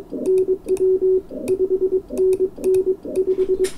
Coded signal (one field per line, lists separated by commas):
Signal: Morse code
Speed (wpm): 22 wpm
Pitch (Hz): 380 Hz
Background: none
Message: NW 5NN 5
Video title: EI2KC hacksaw blade key Mark II test